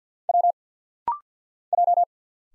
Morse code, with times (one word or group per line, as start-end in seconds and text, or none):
0.3-0.5 W
1.7-2.0 J